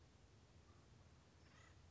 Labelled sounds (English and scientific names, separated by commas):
Acorn Woodpecker (Melanerpes formicivorus)